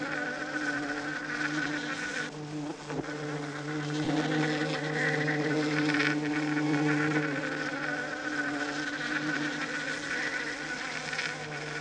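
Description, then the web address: Bee buzz, a sustained humming drone with small shifts in loudness throughout. "znane owady pszczoly dzwiek"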